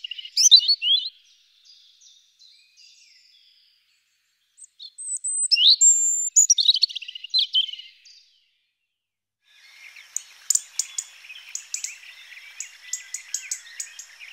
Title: ROUGE GORGE. PETTIROSSU